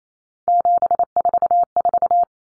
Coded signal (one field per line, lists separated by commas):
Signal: Morse code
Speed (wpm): 28 wpm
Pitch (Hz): 700 Hz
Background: none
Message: 744